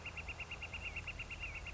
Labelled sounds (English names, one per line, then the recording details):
Northern Flicker
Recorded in Sonoma County, California